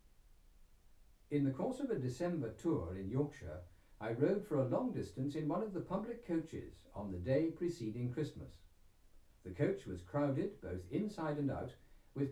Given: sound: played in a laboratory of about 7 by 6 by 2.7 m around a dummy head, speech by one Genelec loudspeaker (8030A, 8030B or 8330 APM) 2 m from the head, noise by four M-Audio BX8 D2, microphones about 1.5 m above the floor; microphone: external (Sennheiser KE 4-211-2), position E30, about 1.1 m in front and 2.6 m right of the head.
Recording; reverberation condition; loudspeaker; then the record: male speech in English; low; 150 degrees to the right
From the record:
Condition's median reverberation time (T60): about 310 ms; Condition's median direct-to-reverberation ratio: about 3.5 dB